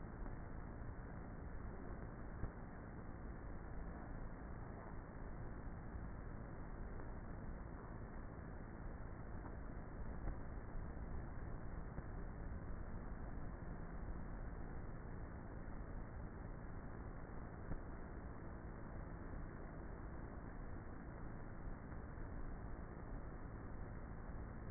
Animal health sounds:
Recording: honeybee colony, microphone inside the hive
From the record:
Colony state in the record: queenless with a low population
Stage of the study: before two queens were removed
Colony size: about 30,000 bees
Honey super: no

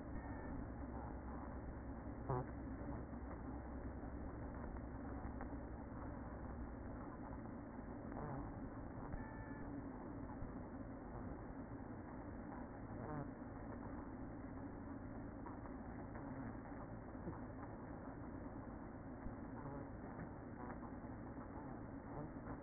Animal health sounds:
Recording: honeybee colony, microphone inside the hive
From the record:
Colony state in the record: queen present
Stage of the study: after two queens were removed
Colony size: about 60,000 bees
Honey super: yes

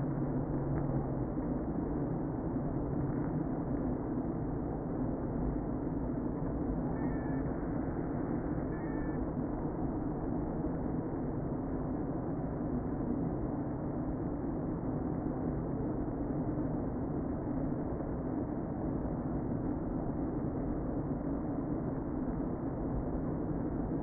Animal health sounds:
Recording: honeybee colony, microphone inside the hive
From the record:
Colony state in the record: queen present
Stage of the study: before two queens were removed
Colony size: about 60,000 bees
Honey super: yes

